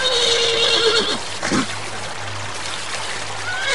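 animal, horse neighing

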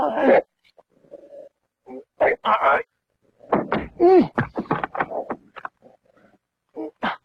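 animal, dog barking and whimpering

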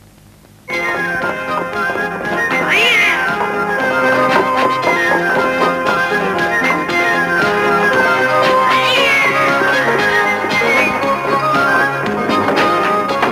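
animal, cat meowing

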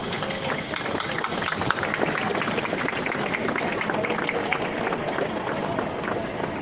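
crowd, audience applause

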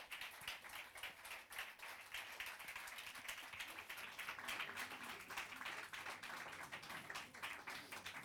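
crowd, audience applause

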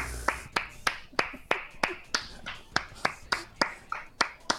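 crowd, applause

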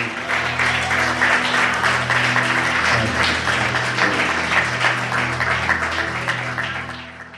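crowd, audience applause

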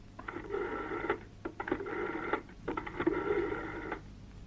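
household object, telephone being dialed

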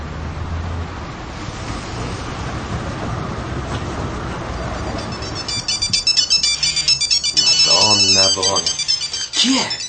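signal or alarm, mobile phone ringtone ringing

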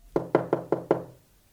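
household object, knocking on a door

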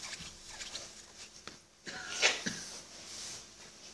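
human body sound, sneeze

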